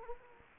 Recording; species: mosquito wingbeat signal from an infrared sensor; Culex quinquefasciatus